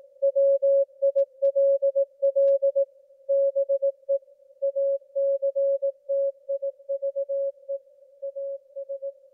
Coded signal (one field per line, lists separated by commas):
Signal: Morse code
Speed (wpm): 18 wpm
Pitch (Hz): 550 Hz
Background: music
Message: WILL BE ACTIVE AS